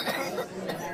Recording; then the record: coughing mixed with background sound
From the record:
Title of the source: choking, hacking coughing